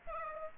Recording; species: mosquito wingbeat signal from an infrared sensor; Aedes aegypti